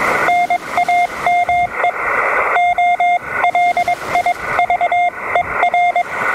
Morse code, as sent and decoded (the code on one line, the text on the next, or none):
-. .- -- . / --- .-.. .. ...- . .-.
NAME OLIVER